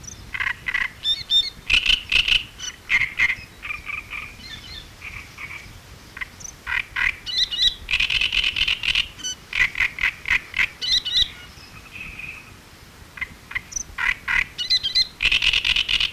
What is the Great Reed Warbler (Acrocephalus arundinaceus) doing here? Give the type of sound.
song